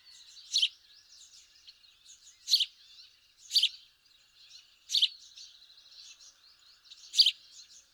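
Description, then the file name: House sparrow chirping, with loud single chirps repeated every one to two seconds against continuous softer twittering. "Passer domesticus"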